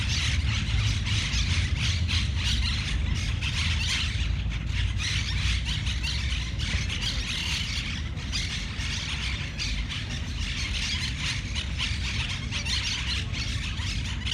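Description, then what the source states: Monk parakeets chattering in a long, dense run of rasping squawks, with steady low road noise throughout. Monk parakeets in Parc de la Ciutadella, Barcelona, Spain, on 20 September 2019.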